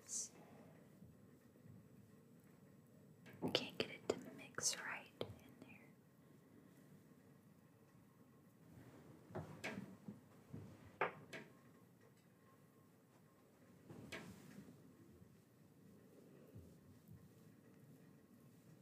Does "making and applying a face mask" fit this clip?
yes